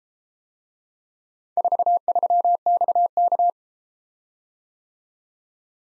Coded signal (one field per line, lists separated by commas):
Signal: Morse code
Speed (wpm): 33 wpm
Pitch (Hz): 700 Hz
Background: none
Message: 43XK